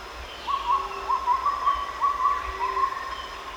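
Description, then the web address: Blue-banded pitta calls: a series of short, clear whistled notes near one pitch, each slightly rising, given in quick uneven succession. Recorded at Danum on 1 March 2008. "DANUM 20080301. blue-banded pitta"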